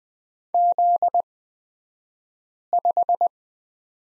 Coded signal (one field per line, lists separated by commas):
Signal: Morse code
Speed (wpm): 20 wpm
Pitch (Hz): 700 Hz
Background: none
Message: Z5